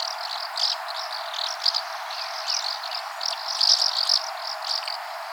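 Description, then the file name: Asian house martin calls: steady high twittering with short chirps throughout, rising to a denser, louder burst near the end. "Golosa ptic - Vostochnaya gorodskaya lastochka Delichon dasypus"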